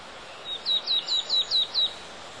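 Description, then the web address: Marsh tit giving a clear series of six downslurred, high whistled notes, evenly spaced about every fifth of a second, with faint background hiss. Sakhalin and Kuril Islands. "priroda sakhalina i kuril. Parus palustris"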